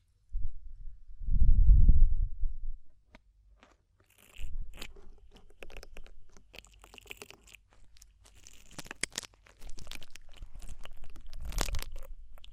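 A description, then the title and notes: Ear cleaning sounds open with a deep, muffled rumble that swells and fades in the first three seconds, followed by a short silence. After that come dense, irregular crackles and scratchy crunches, steady in texture with brighter sharp bursts near 9 and 12 seconds. DEEP Ear Penetrating Cleaning.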